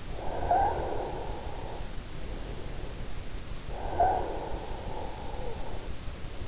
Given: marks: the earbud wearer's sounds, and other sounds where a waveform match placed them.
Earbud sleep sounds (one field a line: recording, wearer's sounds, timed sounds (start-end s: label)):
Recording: sounds in sleep by an in-ear microphone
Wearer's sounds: snoring breath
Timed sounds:
0.05-3.40 s: snoring breath
3.59-6.48 s: snoring breath